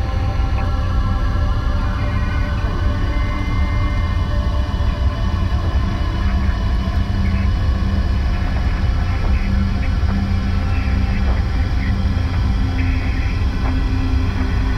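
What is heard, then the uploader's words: A ship's engine idles in a steady, heavy low rumble that holds level for the whole stretch, with a faint mid hum and a few thin tones riding on top. Small scattered clicks and brief cracks pop up irregularly in the background. The sounds of an arctic vessel’s engine idling along with the sounds of occasional cracking ice in the background. The ship is a Norwegian Research and Expedition Vessel named the RV Lance.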